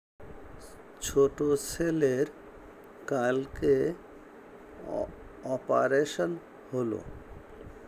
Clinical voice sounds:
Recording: elicited speech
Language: Bengali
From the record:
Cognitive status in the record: dementia

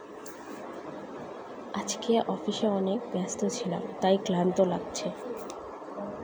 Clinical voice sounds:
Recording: elicited speech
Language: Bengali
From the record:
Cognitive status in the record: cognitively healthy

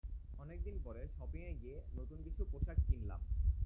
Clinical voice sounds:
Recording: elicited speech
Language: Bengali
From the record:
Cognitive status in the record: cognitively healthy

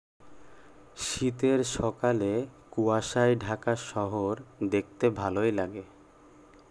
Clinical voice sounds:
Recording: elicited speech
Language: Bengali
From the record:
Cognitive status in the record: cognitively healthy

